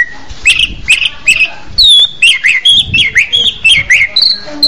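Orange-headed thrush song of short rising and falling whistled phrases, delivered in quick succession with brief gaps between them.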